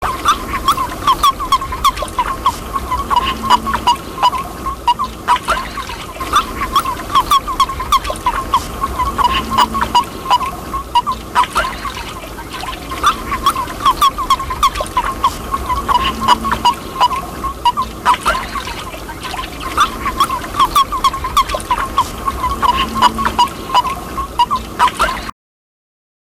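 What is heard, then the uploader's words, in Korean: Toads call in a dense, continuous chorus, a steady trilling drone in the middle range with sharp clicks and croaks scattered throughout. A lower, deeper croak swells and fades every few seconds in a regular rhythm beneath the chorus, which stops abruptly near the end. 두꺼비 우는 영상.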